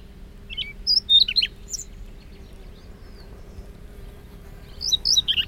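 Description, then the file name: Siberian rubythroat phrases of short, high chirped and twittering notes, one cluster near the start and another at the end, with a quiet pause between and a faint low hum. "rubythroat-siberian -Calliope-calliope"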